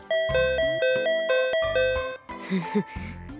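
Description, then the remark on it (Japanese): Bright doorbell-style ding-dong chimes ring several times in quick succession, each ringing tone clear and sustained, with a short vocal sound briefly breaking in near the end. “優しさのピンポンがしみるぜ、親友。”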